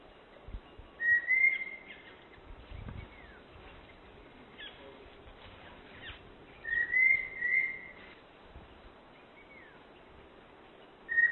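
Long-billed thrush repeating clear whistled phrases, one early, a double slurred whistle near the middle-end, and another starting as the recording stops, over steady hiss.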